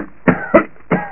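Three short, sharp coughs in quick succession from an adult.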